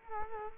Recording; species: mosquito wingbeat signal from an infrared sensor; Culex quinquefasciatus